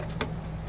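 A plastic retention latch on a motherboard DIMM memory slot is opened to free the memory module, giving a short, sharp click at 0.2 s over a steady low hum. The RAM retention clip is released.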